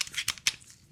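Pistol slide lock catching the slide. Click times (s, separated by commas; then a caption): 0.5 s. On an H&K CC9 pistol, the slide lock is pushed up and held while the slide is pulled to the rear, producing a few short metallic scrapes and ticks. A sharp click at 0.5 s marks the slide lock catching the slide and holding it open, so the slide is locked to the rear.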